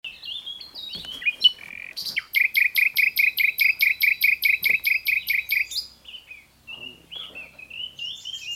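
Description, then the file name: Common nightingale song: chattering notes, then a long run of loud, evenly spaced repeated notes, followed by softer whistled notes. "Luscinia megarhynchos"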